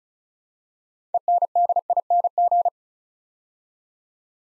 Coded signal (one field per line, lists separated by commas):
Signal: Morse code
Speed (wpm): 34 wpm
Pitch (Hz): 700 Hz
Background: none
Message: ENDING